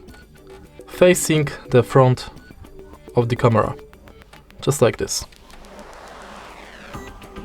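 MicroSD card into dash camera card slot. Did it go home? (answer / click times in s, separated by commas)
no / none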